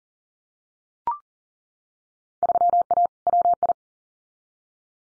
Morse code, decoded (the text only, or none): 3A WI